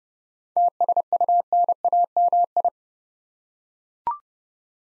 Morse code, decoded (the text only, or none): TSUNAMI